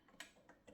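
A plastic latch clasp on a rolling cosmetic train case is snapped back shut. It was left unlatched and closes with a clear, bright click at 0.2 s, seating the latch. Two softer clicks follow near 0.5 s and 0.7 s.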